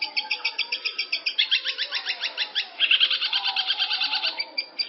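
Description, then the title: Long-tailed shrike song, a steady stream of harsh notes in rapid succession, growing louder midway. "Cendet Pentet"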